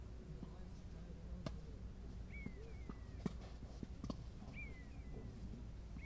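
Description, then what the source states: Buzzard mewing: a couple of brief descending whistles near the middle and end, with a low hum and scattered knocks beneath. Heard near the Wachendorf tennis court at 15:00, on the way to the Bruder-Klaus chapel.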